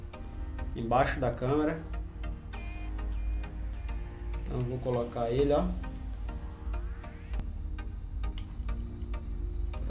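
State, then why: Seated. A microSD memory card is pushed into the card slot underneath a 360 Wi-Fi IP security camera while someone talks over background music. Small ticks are heard along the way, and the card latches with a small click at 8.4 s, seating properly.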